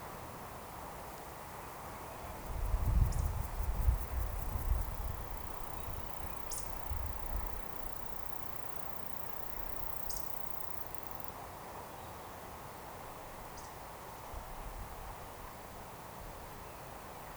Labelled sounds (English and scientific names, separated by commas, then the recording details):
Eurasian Woodcock (Scolopax rusticola)
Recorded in Baden-Württemberg, Germany, on 28 June 2020 at 19:36 UTC
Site 43791, 788 m above sea level